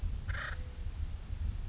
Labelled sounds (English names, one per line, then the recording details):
Acorn Woodpecker
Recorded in Sonoma County, California